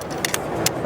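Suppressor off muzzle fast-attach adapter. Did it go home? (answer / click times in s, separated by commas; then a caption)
released / 0.2 s, 0.3 s, 0.7 s. A metal suppressor is released from its fast-attach adapter on a muzzle: the push tab is pressed and the locking ring released, so the suppressor pops off the adapter. Sharp clicks are heard at 0.3 s, 0.3 s and 0.7 s over a steady background hiss, and the suppressor comes free of the mount.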